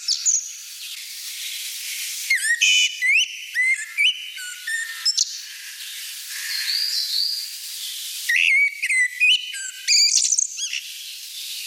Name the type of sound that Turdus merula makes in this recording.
song